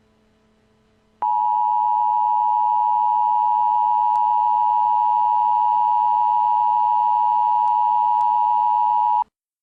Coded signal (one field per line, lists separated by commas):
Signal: Emergency Alert System (SAME) tones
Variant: 853 and 960 Hz attention tone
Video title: Emergency Alert System: Invasion of the United States